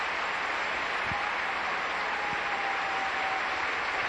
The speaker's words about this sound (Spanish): Le damos un aplauso fuerte al Señor.